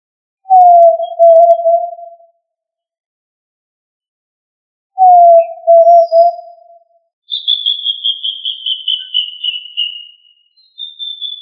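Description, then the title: Tinamou whistles: two mellow low notes about four and a half seconds apart, each slightly falling, then a long high thin whistle gently descending. Family Tinamidae; also labelled quail (puyuh). "Familia Tinamidae - Quail - Puyuh"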